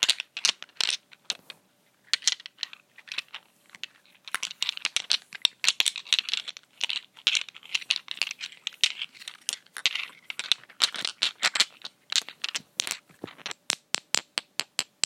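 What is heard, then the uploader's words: Quick taps on small glass bottles come in bursts, some with light handling rustle, with a brief pause near two seconds and regular clicks near the end. Nail polish bottles ASMR. Handling. Tapping glass bottles.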